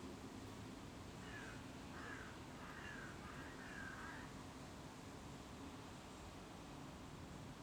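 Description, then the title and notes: Bird calls, four or five rough, slurred notes in a brief series, set against continuous low-frequency background rumble. Birds recorded on a terrace at Rue du Craetveld 135, Brussels, Belgium. "Rue du Craetveld 135, 1120 Bruxelles, Belgique - Les oiseaux. Sur ma terrasse"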